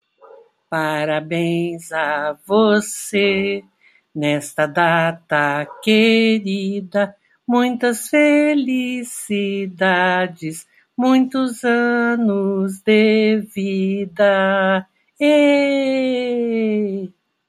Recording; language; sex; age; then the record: short text; Brazilian Portuguese; female; 60 to 69 years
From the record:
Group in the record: control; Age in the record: 65 years